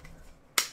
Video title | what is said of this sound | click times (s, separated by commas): Ballistic HC Case Unboxing for iPhone 4/4S | Hear the click. It's in there. | 0.6 s